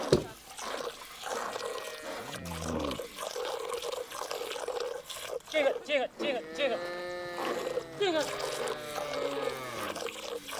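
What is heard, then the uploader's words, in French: Cattle crossing a wide river: deep, drawn-out lowing calls rise and bend around two seconds and again between five and nine seconds, overlapping one another. Splashing and the steady wash of water fill the background throughout, with occasional voices mixed in. Chants et sons du Mali. Les vaches traversent le fleuve Niger vers l'Ouest. Enregistrements : juillet-août 05.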